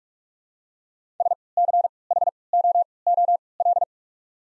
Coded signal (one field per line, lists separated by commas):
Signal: Morse code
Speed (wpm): 46 wpm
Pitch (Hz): 700 Hz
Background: none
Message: S C H O O L